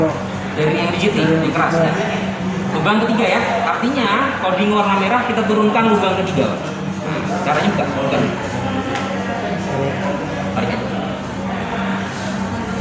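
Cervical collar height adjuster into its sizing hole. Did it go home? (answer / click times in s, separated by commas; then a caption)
no / none. A rigid plastic cervical neck collar is pulled open while someone talks, and its height adjuster is being lowered toward the third sizing hole, marked with the red colour code. The adjuster has not yet clicked into place, and nothing has seated by the end of the clip.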